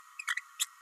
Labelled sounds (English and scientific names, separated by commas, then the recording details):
Green-rumped Parrotlet (Forpus passerinus) babbling
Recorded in a nest box in Venezuela
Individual 18B104A5